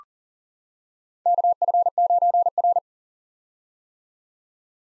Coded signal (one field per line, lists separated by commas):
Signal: Morse code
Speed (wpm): 40 wpm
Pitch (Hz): 700 Hz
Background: none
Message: KF9R